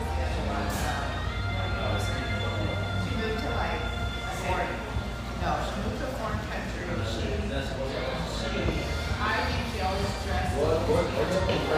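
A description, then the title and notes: Lively chatter fills a spacious tea room, many voices overlapping into a dense, steady murmur with no pauses. Occasional clinks and short bright clatters of dishes pop out every second or two, over a constant low hum underneath. Lively chatter from this spacious, vivacious tea room in the North End of Boise.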